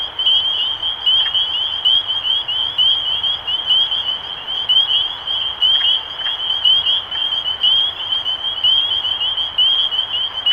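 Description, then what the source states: Spring peepers in full chorus, bright upward-sweeping peeps coming rapidly from several frogs without pause. Recorded 23 March 2012.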